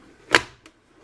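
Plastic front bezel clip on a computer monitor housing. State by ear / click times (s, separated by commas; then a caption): released / 0.3 s. A plastic pry tool wedged under the front bezel of a computer monitor housing pops a plastic snap clip free with a sharp, bright snap at 0.4 s. A fainter tick follows at about 0.7 s, and the clip is released.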